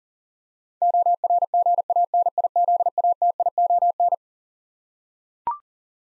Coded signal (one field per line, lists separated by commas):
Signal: Morse code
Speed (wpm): 40 wpm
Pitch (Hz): 700 Hz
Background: none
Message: ORGANIZATION